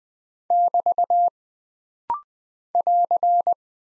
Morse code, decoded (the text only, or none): <BT> <AR>